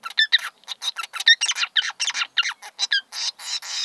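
Small bird giving rapid, bright chirps and squeaky notes, a dense irregular series of short high calls with brief gaps, no other sounds.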